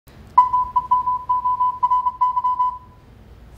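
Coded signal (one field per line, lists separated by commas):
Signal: Morse code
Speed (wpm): 27 wpm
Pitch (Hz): 1000 Hz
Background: none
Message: MEMORY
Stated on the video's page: Morse Code lesson for learning the letters.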